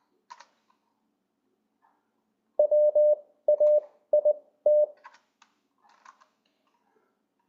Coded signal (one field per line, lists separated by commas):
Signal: Morse code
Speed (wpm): 20 wpm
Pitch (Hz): 600 Hz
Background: none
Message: WAIT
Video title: LCWO demo